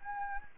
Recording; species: mosquito wingbeat signal from an infrared sensor; Anopheles gambiae